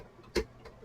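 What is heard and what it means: A fragrance oil bottle is repositioned in a Jcloud Smart Scent Air Machine with Cold Air Diffusion Technology, after it first sat wrong and kept the door from closing. A sharp knock at 0.4 s is followed by a softer one at about 0.7 s. The bottle is seated snugly against its mount, so the door can be closed.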